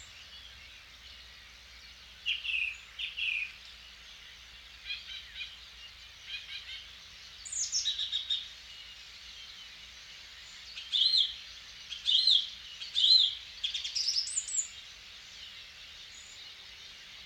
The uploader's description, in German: Eine Kunstkopfaufnahme eines Abends in der Lehmgrube.